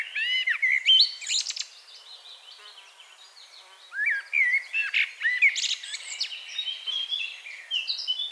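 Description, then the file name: Common blackbird singing mellow warbled phrases that break into squeaky high twitters, with a quieter pause in the middle. "Turdus merula"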